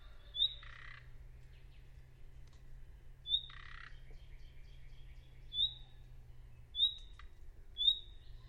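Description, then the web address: Bird calls: five quick, high, rising whistles, the first two each followed by a buzzy rasp, repeated every one to three seconds over a low hum. "birddata Deverinetal 2025 File origin Bird Only"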